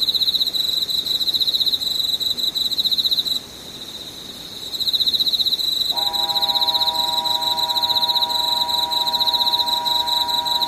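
Insects trill in a steady, rapid high buzz that drops away briefly around three seconds, then returns, joined by a lower steady whine from six seconds.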